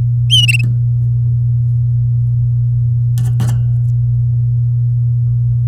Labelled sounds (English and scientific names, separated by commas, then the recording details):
Domestic Canary (Serinus canaria) song
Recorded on 6 May 2018 at 08:40
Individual llb16